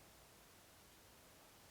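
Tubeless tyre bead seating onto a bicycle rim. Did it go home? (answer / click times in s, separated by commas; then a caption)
no / none. A tubeless bicycle tyre is pumped up hard on its rim with a booster pump to snap the rubber bead into its seat. A steady broadband hiss fills the clip with no distinct clicks or bangs. Nothing has seated or clicked yet.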